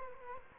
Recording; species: mosquito wingbeat signal from an infrared sensor; Culex quinquefasciatus